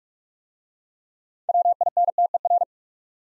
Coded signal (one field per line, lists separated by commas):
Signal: Morse code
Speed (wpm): 44 wpm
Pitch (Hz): 700 Hz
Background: none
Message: WINTER